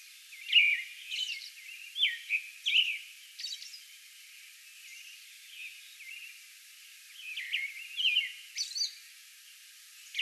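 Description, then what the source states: American robin caroling in loose clusters of whistled slurred phrases with high thin notes, separated by pauses. Song bout recorded on May 11.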